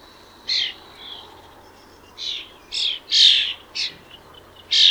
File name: Paprastasis Varnėnas Common Starling - Sturnus vulgaris